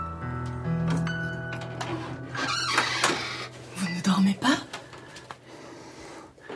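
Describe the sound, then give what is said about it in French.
A few sharp, hollow knocks on a wooden door, Magellan knocking, sound in a short cluster, heard over a low, steady droning tone with some soft shuffling movement around them. “Je n'ai aucun droit de frapper à votre porte.”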